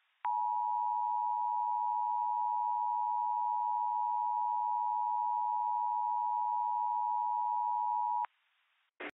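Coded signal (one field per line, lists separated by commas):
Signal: Emergency Alert System (SAME) tones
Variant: 853 and 960 Hz attention tone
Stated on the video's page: Fictional EAS scenario with SAME tones, a zombie invasion alert for Show Low, Arizona.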